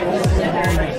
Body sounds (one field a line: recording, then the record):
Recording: background sound without coughing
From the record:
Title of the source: Nightlife Party Simulating Party Club Noise 1 Hour